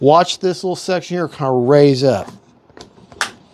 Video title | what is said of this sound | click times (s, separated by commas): AVIOS PBY CATALINA UNBOX AND BUILD #aviation #rcplane #rc | See? See? You heard that click? And that is not coming off. | 3.2 s